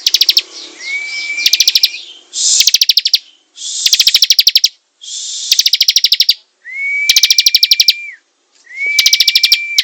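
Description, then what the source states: Prinia: repeated energetic bursts of quick, metallic chirping notes, some preceded by a flat sustained whistle, coming roughly every one to two seconds. Singing vigorously, described by the local term gacor.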